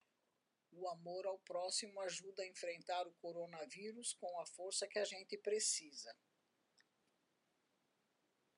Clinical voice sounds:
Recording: spoken sentence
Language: Brazilian Portuguese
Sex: female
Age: 70 to 79 years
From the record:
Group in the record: control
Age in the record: 74 years

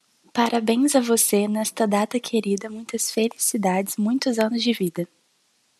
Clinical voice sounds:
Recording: short text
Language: Brazilian Portuguese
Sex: female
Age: 18 to 19 years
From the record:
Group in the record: control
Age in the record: 19 years

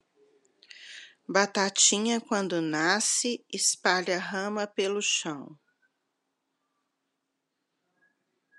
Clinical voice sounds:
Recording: short text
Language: Brazilian Portuguese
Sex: female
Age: 50 to 59 years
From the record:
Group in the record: control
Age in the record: 53 years

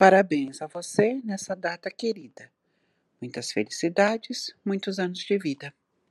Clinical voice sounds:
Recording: short text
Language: Brazilian Portuguese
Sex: female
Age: 50 to 59 years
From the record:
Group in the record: control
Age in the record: 58 years

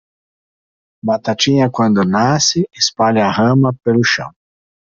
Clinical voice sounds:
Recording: short text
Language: Brazilian Portuguese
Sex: male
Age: 50 to 59 years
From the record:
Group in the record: control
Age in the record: 58 years

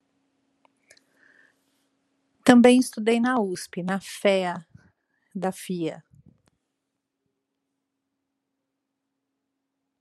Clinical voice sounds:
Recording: short text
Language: Brazilian Portuguese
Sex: female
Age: 50 to 59 years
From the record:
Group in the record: control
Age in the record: 56 years

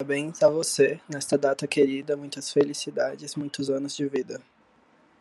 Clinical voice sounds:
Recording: short text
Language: Brazilian Portuguese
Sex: male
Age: 20 to 29 years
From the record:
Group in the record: control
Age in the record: 20 years

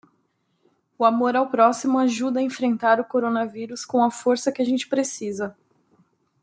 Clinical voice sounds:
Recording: spoken sentence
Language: Brazilian Portuguese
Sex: female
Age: 30 to 39 years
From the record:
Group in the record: control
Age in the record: 33 years

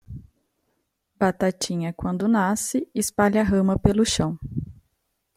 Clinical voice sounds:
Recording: short text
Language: Brazilian Portuguese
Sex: female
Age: 20 to 29 years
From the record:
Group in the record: control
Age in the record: 29 years

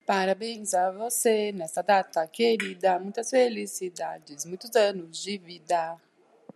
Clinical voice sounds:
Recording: short text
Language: Brazilian Portuguese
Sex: female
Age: 30 to 39 years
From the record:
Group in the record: control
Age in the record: 31 years

